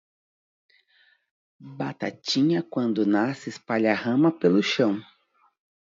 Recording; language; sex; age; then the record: short text; Brazilian Portuguese; female; 40 to 49 years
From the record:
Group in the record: control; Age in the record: 42 years